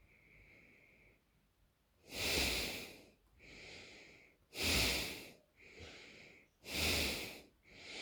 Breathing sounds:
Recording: nose breathing near a microphone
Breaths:
0.00-1.82 s: inhalation
1.82-3.17 s: exhalation
3.17-4.30 s: inhalation
4.30-5.37 s: exhalation
5.37-6.49 s: inhalation
6.49-7.44 s: exhalation
7.44-8.02 s: inhalation
From the record:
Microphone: phone

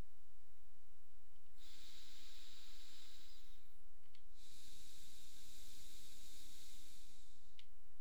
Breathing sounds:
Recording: nose breathing near a microphone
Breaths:
1.36-4.01 s: inhalation
4.01-7.51 s: exhalation
From the record:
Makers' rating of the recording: medium

